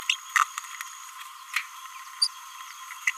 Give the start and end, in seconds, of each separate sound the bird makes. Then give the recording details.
0.09-0.15, 0.36-0.44, 2.22-2.27, 3.07-3.11. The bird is a male. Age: 29 days. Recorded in a nest box in Venezuela. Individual 17B31A1